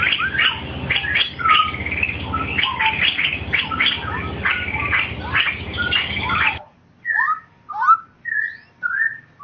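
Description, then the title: Oriental magpie-robin song: a dense, fast run of mixed chirps, rattles and whistles for several seconds, then a few spaced, clear, slurred whistled notes. "Kicau Kacer"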